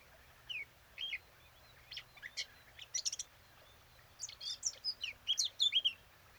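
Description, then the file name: Eurasian blackcap song: sparse, softer warbled notes and chirps, then a livelier run of quick twittering phrases, over a steady background hiss. "Sylvia atricapilla"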